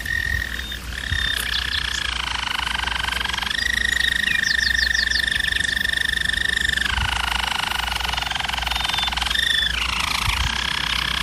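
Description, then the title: German Roller canary sings unbroken, purring rolled tours that shift between a low and a higher steady pitch, with a few quick rising notes laid over them. German Roller canary singing, for canary training. "German Roller Canary Singing - Canary Training Vid"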